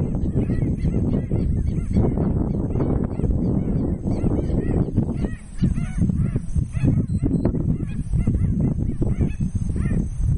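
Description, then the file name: White-backed stilt calls, a dense chorus of sharp, nasal barking notes from a flock, crowding together almost without pause, with heavy low-pitched rumble beneath. "canto do pernilongo de costas brancas"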